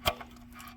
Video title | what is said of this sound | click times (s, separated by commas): 1976 Cadillac Rear Bumper Removal and Installation | Usually they just click right in like that one just did, and then you run your bolt through it. | 0.1 s